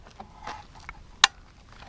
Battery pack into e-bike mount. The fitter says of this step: then when you put it back on just listen for the click there we go you could hear it pop into place